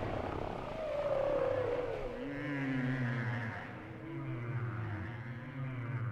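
Whale song with a long descending moan followed by deeper, drawn-out tonal groans layered over a steady low rumble.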